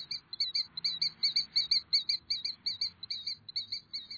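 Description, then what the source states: Killdeer giving shrill, piping calls in a rapid, slightly uneven series. Also called the chattering plover and the noisy plover, names that reflect its calls.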